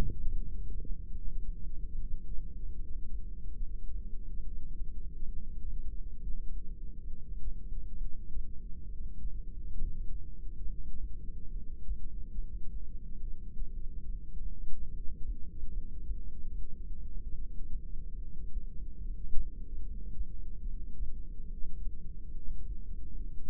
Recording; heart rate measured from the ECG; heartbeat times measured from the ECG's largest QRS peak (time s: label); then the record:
heart sounds by microphone in the right ear; 71 bpm
0.28 s: heartbeat
1.09 s: heartbeat
1.91 s: heartbeat
2.72 s: heartbeat
3.54 s: heartbeat
4.38 s: heartbeat
5.25 s: heartbeat
6.14 s: heartbeat
7.05 s: heartbeat
7.95 s: heartbeat
8.84 s: heartbeat
9.73 s: heartbeat
10.62 s: heartbeat
11.49 s: heartbeat
12.34 s: heartbeat
13.18 s: heartbeat
14.03 s: heartbeat
14.87 s: heartbeat
15.69 s: heartbeat
16.50 s: heartbeat
17.32 s: heartbeat
18.15 s: heartbeat
18.98 s: heartbeat
19.79 s: heartbeat
20.60 s: heartbeat
21.44 s: heartbeat
22.28 s: heartbeat
23.12 s: heartbeat
From the record:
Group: heart failure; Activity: rest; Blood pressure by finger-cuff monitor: 136/91 mmHg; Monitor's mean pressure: 109 mmHg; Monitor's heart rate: 72 bpm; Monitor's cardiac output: 7.3 L/min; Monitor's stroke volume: 104 mL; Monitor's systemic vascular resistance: 1100 dyn s/cm5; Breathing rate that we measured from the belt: 14 breaths a minute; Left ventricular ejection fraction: 25%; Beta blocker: metoprolol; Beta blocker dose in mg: 62.5 twice daily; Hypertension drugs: ramipril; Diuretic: furosemide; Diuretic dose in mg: 40 twice daily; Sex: male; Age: 57 years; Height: 180 cm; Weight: 90.5 kg